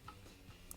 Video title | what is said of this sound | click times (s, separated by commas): How to Fix #GE #Washer Overfilling With Water - Model WCSR2090G9WW | as you see there has a little tab it snaps in place and secure the pressure | 0.7 s